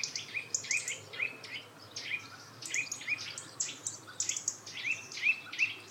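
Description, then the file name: Eurasian nuthatch calls, sharp piping notes given in loose series, mixed with dense high twittering from other small birds throughout. "Sitta europaea"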